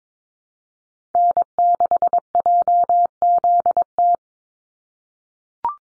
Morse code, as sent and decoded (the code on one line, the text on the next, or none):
-. -.... .--- --.. -
N6JZT